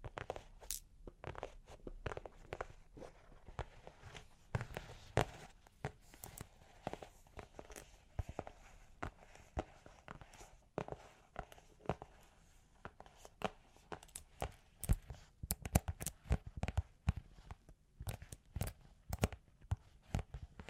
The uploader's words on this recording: Long Claws Tapping and Scratching (No Talking).